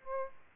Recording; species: mosquito wingbeat signal from an infrared sensor; Aedes albopictus